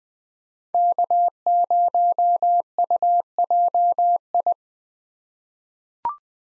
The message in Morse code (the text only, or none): K0UJI